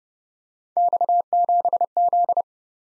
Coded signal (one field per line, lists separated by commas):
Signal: Morse code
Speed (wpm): 30 wpm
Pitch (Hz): 700 Hz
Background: none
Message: X7Z